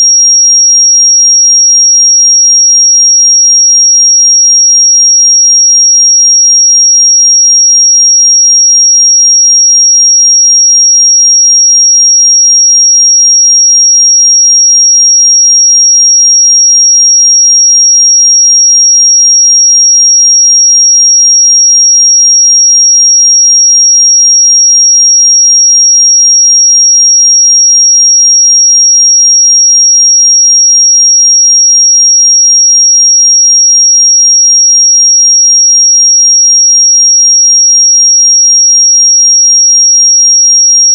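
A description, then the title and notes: A pure sine tone at 5624 Hz holds perfectly steady for the whole forty-one seconds, high and piercing like a thin whistle. Its loudness never changes, and nothing else is heard behind it. 5624 Hz 1 Hz Interval Sine Pure Tone Frequency 441000 Sample Mono.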